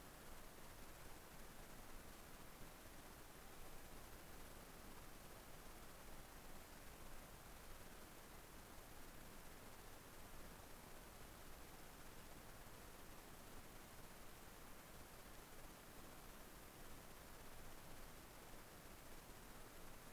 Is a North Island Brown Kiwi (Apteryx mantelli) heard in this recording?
no